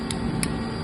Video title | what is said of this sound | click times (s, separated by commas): American Suspension MACH7R - Ultimate Fully Adjustable Fork Assembly & Setup | the little click that means we got torque | 0.4 s